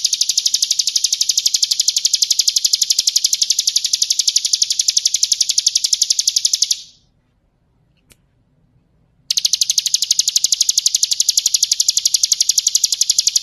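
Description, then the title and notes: Bar-winged Prinia song: a long, high, rapid buzzing trill lasting about seven seconds, a two-and-a-half-second silent pause, then the same trill resumes. Continuous trilling song style called ngebren, recorded for use as a training recording for magpie-robins. "Ciblek Ngebren Untuk Masteran Murai Batu. Suara Nada"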